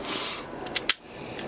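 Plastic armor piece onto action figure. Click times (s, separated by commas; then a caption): 0.9 s. After turning it the other way round, a plastic armor piece is pushed along the rails of a Dark Knight Quick Tek Deluxe Batman action figure (Combat Claw Tank Blaster). A soft rustle gives way to small plastic ticks near 0.7 and 0.8 seconds, then a sharp snap at 0.9 seconds as the piece clicks in and seats on the figure.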